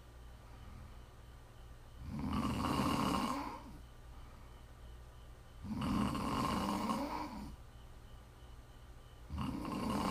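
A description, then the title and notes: Loud, rough snores come roughly every three to four seconds, near 2, 6 and 9 seconds, over a low steady hum between breaths. ASMR SNORING.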